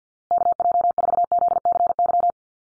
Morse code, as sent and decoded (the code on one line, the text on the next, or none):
-.- .--- ....- --.. -.-. -.--
KJ4ZCY